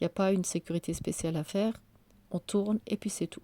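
A woman talks throughout while the lid of an Olla GM Model H Oval programmable 24-hour, 8-litre multifunction electric pressure cooker is being turned on the cooker body so it clips shut. Only her voice is heard, with short pauses and no sharp hit. The lid has not yet seated or clicked by the end of the clip.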